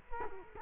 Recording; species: mosquito wingbeat signal from an infrared sensor; Culex quinquefasciatus